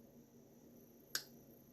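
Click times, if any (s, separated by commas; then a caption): 1.1 s. A Kansept Agent folding pocket knife's steel blade is closed into the handle, where the detent ball catches it and pulls it right back down into the detent. A single short, sharp click sounds at 1.2 s over quiet background noise, and the blade seats closed in the detent.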